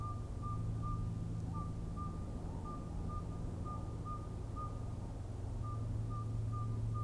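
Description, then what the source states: Northern saw-whet owl repeating short whistled toots at a fast, even pace with a few brief gaps, over a constant low-pitched hum. 15 February 2019.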